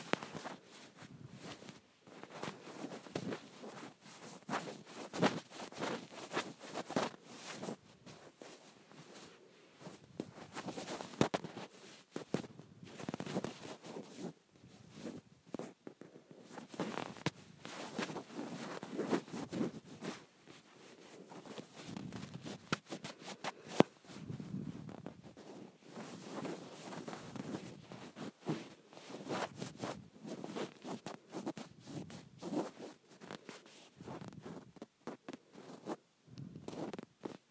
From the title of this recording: Scratching my Shirt